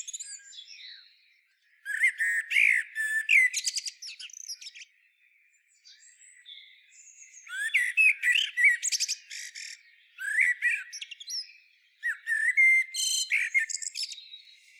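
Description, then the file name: Common blackbird calling in repeated bursts of shrill squeaky twitters and rasping notes, roughly every few seconds with short silences between. "Turdus merula"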